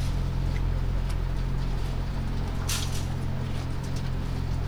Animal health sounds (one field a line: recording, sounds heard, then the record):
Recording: poultry house recording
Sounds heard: sick chickens (respiratory disease)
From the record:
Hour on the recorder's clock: 1